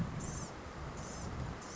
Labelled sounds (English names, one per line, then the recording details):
Blue-gray Gnatcatcher
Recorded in Sonoma County, California